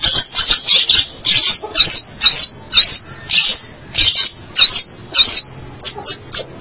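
Long-tailed shrike song: chattering high notes and looping whistled slurs in a quick, uneven sequence.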